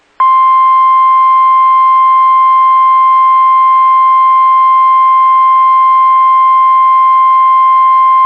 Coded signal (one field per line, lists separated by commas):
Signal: Emergency Alert System (SAME) tones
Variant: 1050 Hz attention tone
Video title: Severe Thunderstorm Warning EAS Wright Meeker Mcleod Carver County Minnesota Until 8:15 PM 7 13 23 N